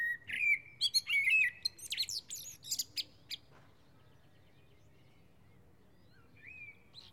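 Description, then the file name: Common blackbird singing a fluty whistled phrase that breaks into high scratchy twitters, then a long quiet gap and one soft whistle near the end. "Turdus merula"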